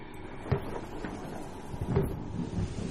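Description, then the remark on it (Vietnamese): A handful of dull, hollow wooden taps knock at uneven intervals, about four in all, over a low, steady rumble, as an old blind man raps a tầm vông bamboo walking stick through a door. “Lão Chí Mù nhẹ nhẹ ngẩng đầu lên, cầm cây gậy tầm vông gõ những tiếng lọc cọc xuyên qua cánh cửa.”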